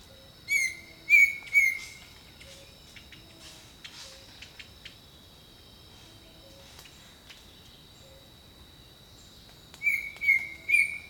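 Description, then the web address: Bird song: a phrase of three clear whistled notes, then a long pause before the same three-note phrase returns, over a steady high insect drone. Jungle birdsong. "Echoes of Nature - Jungle Talk Jungle Birdsong"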